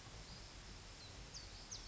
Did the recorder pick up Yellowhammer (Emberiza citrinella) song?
no